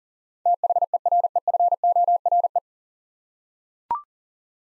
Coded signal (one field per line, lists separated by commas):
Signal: Morse code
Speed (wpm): 40 wpm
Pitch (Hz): 700 Hz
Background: none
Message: THEREFORE